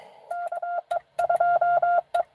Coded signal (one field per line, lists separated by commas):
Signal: Morse code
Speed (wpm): 22 wpm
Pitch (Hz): 690 Hz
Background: none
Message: KE2E